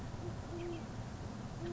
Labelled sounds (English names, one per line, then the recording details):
Great Horned Owl
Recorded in Sonoma County, California